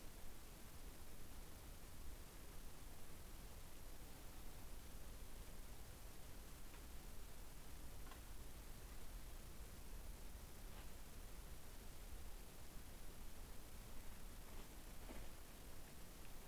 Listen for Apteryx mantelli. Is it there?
no